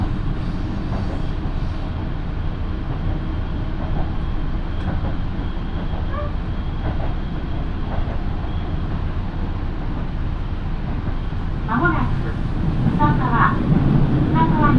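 A local train on the Minobu Line rumbles steadily along, its low, dense running noise filling the whole clip. Faint voices surface now and then, and around twelve seconds the rumble grows louder and rougher, with brief clanking and squealing sounds near the end.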